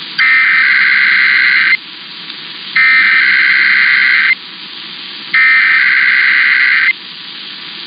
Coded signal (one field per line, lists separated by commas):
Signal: Emergency Alert System (SAME) tones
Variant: header bursts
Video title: Mother Day Weekend Tests (EAS #26403-26408) 5/10-11/25